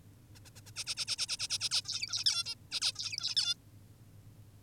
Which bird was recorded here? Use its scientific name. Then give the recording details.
Taeniopygia guttata. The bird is an adult. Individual g19o10U